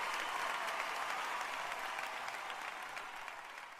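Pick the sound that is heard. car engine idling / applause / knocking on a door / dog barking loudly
applause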